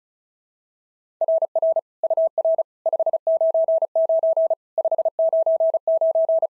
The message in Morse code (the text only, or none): RR UR 599 599